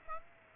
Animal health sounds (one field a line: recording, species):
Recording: mosquito wingbeat signal from an infrared sensor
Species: Aedes aegypti